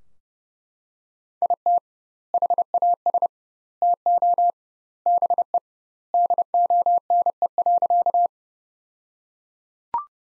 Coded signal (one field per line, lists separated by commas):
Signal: Morse code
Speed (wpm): 30 wpm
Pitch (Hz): 700 Hz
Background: none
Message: IT HAS TO BE DONE.